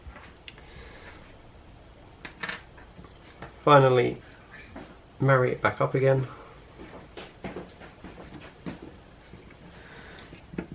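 The two plastic halves of a Ford Fiesta car key fob case are lined up and brought back together after a battery change, with small light handling taps and clicks while someone talks. Nothing has seated or clicked into place yet.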